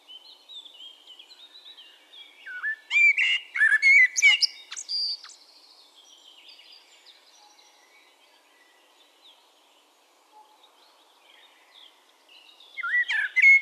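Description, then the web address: Eurasian blackbird song: a loud phrase of low fluted notes and shrill twittering, a long quiet gap with faint birds, then a new phrase begins. "SETE data Turdus merula"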